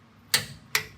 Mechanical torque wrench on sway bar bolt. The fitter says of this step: And when it clicks, I'll hear that. That's it done.